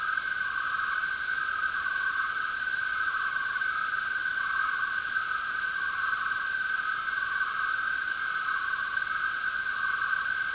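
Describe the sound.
Many crickets trilling together, a continuous high buzz with rhythmic swells, set against steady background hiss.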